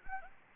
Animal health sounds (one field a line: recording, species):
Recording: mosquito wingbeat signal from an infrared sensor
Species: Anopheles arabiensis